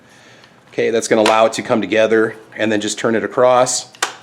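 The takedown barrel and fore-end assembly of a Ruger PC Carbine (pistol caliber carbine) is handled into its receiver and about to be turned across to lock. Someone talks over faint handling noise. Nothing has seated or clicked yet.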